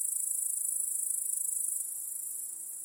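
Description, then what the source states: Crickets trilling rapidly, the high chirps pulsing quickly and fading slightly toward the end. Chorus of crickets in a home backyard, heard in the evening as day turns to night.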